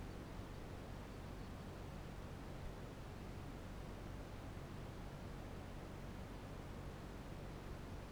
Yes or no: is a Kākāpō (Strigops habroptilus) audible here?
no